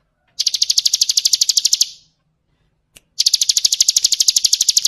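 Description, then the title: High, rapidly repeated bird trill, a long burst of about one and a half seconds, a pause, then another burst starts. Masteran (songbird training recording), described as the most complete bird collection. "Masteran burung terlengkap"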